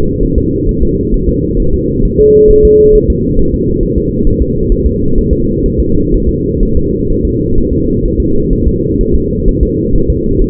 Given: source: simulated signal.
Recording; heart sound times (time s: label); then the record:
fetal heart sounds
0.23 s: S1
0.38 s: S2
0.69 s: S1
0.83 s: S2
1.14 s: S1
1.29 s: S2
1.60 s: S1
1.74 s: S2
2.05 s: S1
2.20 s: S2
2.51 s: S1
2.65 s: S2
2.95 s: S1
3.10 s: S2
3.39 s: S1
3.54 s: S2
3.83 s: S1
3.98 s: S2
4.27 s: S1
4.42 s: S2
4.72 s: S1
4.87 s: S2
5.18 s: S1
5.33 s: S2
5.66 s: S1
5.80 s: S2
6.14 s: S1
6.29 s: S2
6.63 s: S1
6.77 s: S2
7.11 s: S1
7.25 s: S2
7.58 s: S1
7.73 s: S2
8.05 s: S1
8.20 s: S2
8.53 s: S1
8.67 s: S2
9.01 s: S1
9.15 s: S2
9.49 s: S1
9.63 s: S2
9.96 s: S1
10.10 s: S2
10.42 s: S1
From the record:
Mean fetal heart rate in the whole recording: 130 bpm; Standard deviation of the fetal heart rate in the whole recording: 4 bpm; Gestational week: 38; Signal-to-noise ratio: -16.4 dB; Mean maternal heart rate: 72 bpm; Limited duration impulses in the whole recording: present